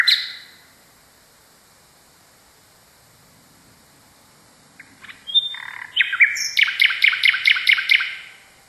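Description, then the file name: Common nightingale song: a lone high note, a long pause, then a phrase of scratchy notes opening into a fast run of bright, evenly repeated pulses. Song variation. "kicauan nightingale a variasi. omkicau"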